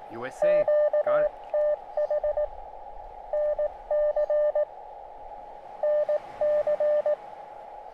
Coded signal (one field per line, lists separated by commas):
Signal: Morse code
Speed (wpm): 18 wpm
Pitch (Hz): 600 Hz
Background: speech, radio noise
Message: QTH NC NC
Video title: QRPGuys Tri-Band Vertical Antenna & SWR Indicator.